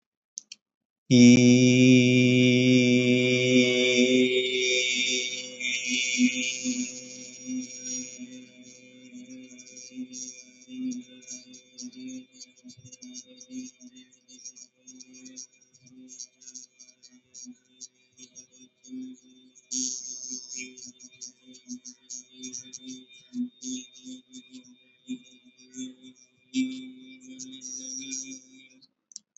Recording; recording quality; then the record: sustained vowel as in beet; excellent, no background noise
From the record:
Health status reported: exposed to COVID-19, no respiratory illness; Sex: male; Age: 25 years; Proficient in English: yes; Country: India